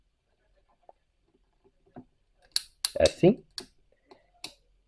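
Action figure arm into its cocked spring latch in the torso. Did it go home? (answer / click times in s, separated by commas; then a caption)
yes / 2.6 s. The plastic arm of a 2002 Masters of the Universe Skeletor action figure is raised until its spring-loaded mechanism catches in the cocked latch in the torso, giving a sharp click at 2.6 s, followed by small plastic clicks and taps while someone talks. The arm ratchets and locks in the raised position, ready to be released by the button on the back.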